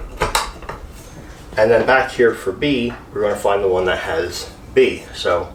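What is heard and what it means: A metal support pole lettered A is pushed into the socket of the base of a Spirit Halloween Pennywise animatronic. It clicks into place with a sharp metallic click at 0.4 s, amid a few other short knocks near 0.2 and 0.7 s. Then someone talks.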